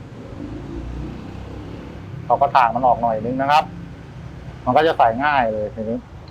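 A metal brake part, a pad or caliper part, is handled during a motorcycle brake pad change as it is worked toward its locating slot in the motorcycle brake caliper. Someone talks over a steady low background hum. Nothing has seated or clicked yet.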